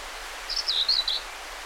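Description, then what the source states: Common whitethroat song: a short scratchy phrase of a few quick warbled notes, under a second long, against gentle background hiss. Recorded 20 May 2009.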